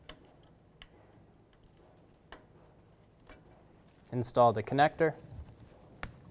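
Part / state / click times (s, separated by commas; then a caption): ABS sensor wire connector into its mating harness plug on a pickup front suspension / seated / 6.0 s. A plastic ABS wheel-speed sensor wire connector with a red locking tab is pushed together by hand into its mating harness plug on the front suspension of a 2014-2018 Chevrolet Silverado 1500 pickup during a front strut and spring leveling kit job. Faint ticks and someone talking come before one sharp, loud click at 6.0 s as the latch engages and the connector seats.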